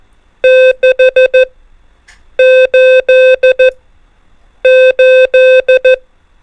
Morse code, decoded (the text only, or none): 6 8 8